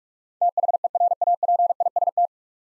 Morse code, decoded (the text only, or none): THERAPIST